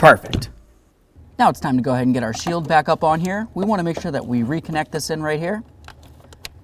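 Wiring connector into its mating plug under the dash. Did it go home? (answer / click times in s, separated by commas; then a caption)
yes / 6.5 s. Someone talks while reconnecting an electrical wiring connector into its mating plug under the dash, behind the dash shield, on a 1994–2004 Chevy S-10 during a brake light switch replacement. After the talking stops, a few small handling ticks lead to a sharp click at 6.5 s as the connector seats.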